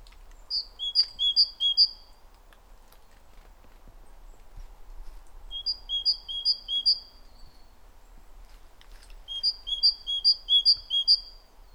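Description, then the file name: Great tit giving three short bursts of clear, see-sawing two-note phrases, each burst of about four pairs, separated by pauses of a few seconds, over a soft steady hum. "Parus major"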